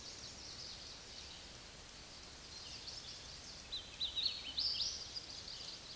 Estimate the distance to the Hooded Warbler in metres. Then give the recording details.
about 55 m. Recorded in a Pennsylvania forest on 18 May 2023 at 10:58. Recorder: AudioMoth, point grid1_11_low. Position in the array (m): 235 m, 146 m